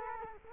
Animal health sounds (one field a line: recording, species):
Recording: mosquito wingbeat signal from an infrared sensor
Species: Culex quinquefasciatus